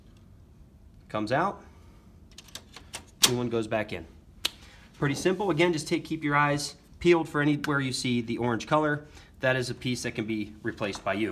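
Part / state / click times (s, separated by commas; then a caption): replaceable roller into laser printer / seated / 4.5 s. A new transfer roller, held by pinch tabs, is pushed back into an AltaLink laser printer, with a few light clicks around 2.3–3.0 s. A sharp snap at 4.5 s shows the roller seated, and someone talks throughout.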